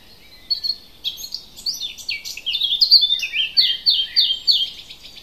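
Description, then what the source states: Bird song: a fast, high-pitched jumble of twittering and scratchy notes, tumbling on continuously, with faint background hiss. Native hedge bird recorded in May.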